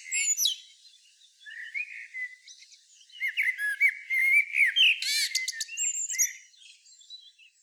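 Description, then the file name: Common blackbird song: a high squeak, then mellow fluted warbling phrases, each followed by bursts of thin, high twittering and squeaky notes. "Turdus merula"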